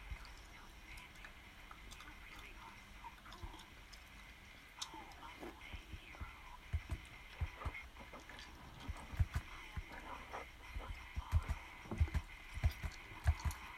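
Wet mouth sounds of chewing and slurping start faintly and grow busier after about five seconds. From around nine seconds they turn louder and denser, with sharp crunchy clicks and soft thumps. A quiet steady murmur sits underneath throughout.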